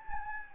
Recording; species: mosquito wingbeat signal from an infrared sensor; Anopheles gambiae